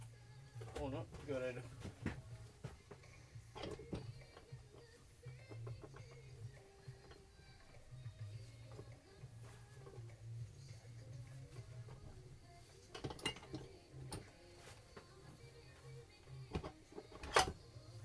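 An engine crankcase half is test-fitted without sealant onto the block of an Aprilia Pegaso 650 motorcycle engine, and it does not sit at first. Someone talks over low background music while the case is handled and worked down, with sharp knocks at about 13.3, 14.1, 16.6 and 17.2 seconds and a loud hit at 17.4 seconds. Nothing has seated yet when the clip ends.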